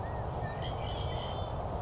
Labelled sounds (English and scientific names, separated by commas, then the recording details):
California Quail (Callipepla californica)
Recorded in Sonoma County, California